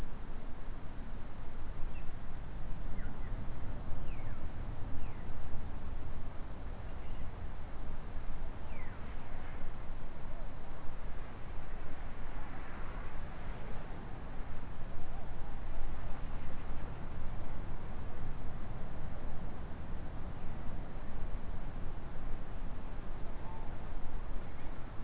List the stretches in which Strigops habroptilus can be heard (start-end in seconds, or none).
none